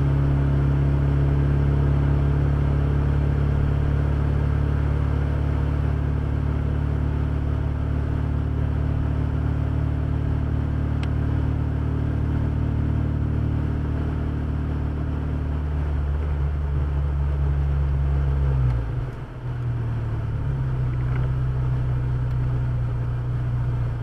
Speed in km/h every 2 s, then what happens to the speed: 42, 42, 43, 44, 44, 44, 45, 44, 43, 40, 34, 24.
0-15 steady at about 44. 15-24 slows to 24.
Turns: none.